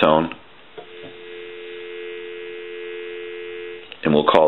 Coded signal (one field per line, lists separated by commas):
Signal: telephone call progress tone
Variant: North America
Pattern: dial tone